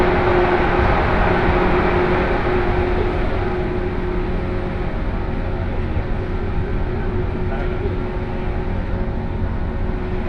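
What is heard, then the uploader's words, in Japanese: A 117-series local train runs on the Kosei Line, its motors droning in a tunnel. A dense, steady rumble fills the whole ten seconds, with thin held whining tones on top; one pitch stands out for the first three seconds, then fades. 湖西線普通 京都→小野 117系。トンネル内でのモーターのうなりが特徴で、かつての185系特急踊り子のような音を響かせて走ります。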